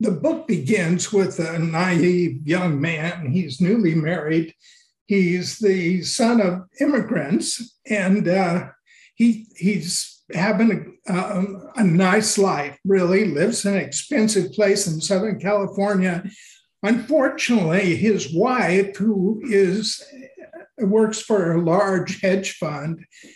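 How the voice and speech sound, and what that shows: An adult man speaks in a raised, unsteady voice that sounds like that of a very old man, with drawn-out vowels, hesitant pauses and a repeated "he's", though his words stay clear. He has an essential tremor that has made him start losing his voice. It is a shaking of the voice caused by rhythmic tremor of the voice box muscles.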